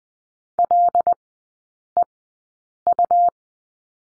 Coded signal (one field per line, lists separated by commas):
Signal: Morse code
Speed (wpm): 20 wpm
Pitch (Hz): 700 Hz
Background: none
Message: LEU